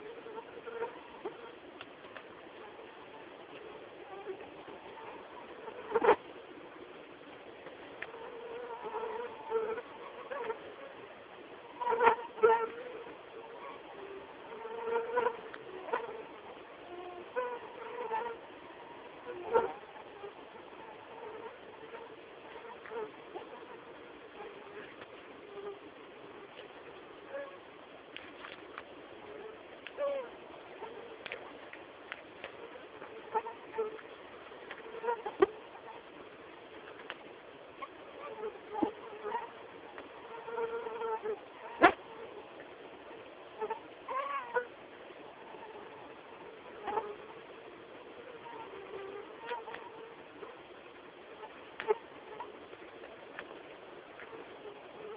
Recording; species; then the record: mosquito flight sound by mobile phone; Anopheles quadriannulatus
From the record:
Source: CDC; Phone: Samsung T209